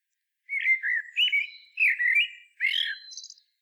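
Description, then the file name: Common blackbird song: a mellow, fluty whistled phrase of several notes, ending in a thin, high twittery flourish, against a silent background. "Turdus merula"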